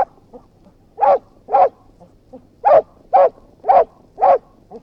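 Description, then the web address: Dog barking in short, sharp pairs, two quick barks then a pause, repeated three times, with faint soft whimpers between. Anxious dog barking with whines. "Sound Effects-BBC Dog"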